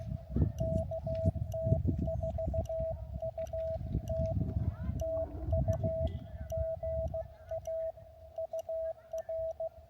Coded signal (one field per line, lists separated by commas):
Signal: Morse code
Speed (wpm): 15 wpm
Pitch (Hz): 650 Hz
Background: radio noise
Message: KT4UT TU GA UR